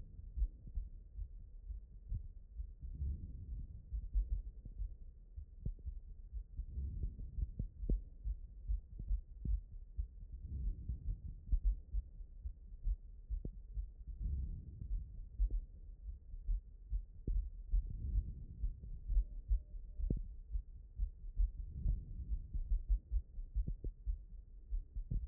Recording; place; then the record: heart sounds by stethoscope; aortic valve (AV)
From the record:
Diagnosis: non-HFrEF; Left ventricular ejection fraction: 43%